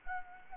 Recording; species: mosquito wingbeat signal from an infrared sensor; Anopheles gambiae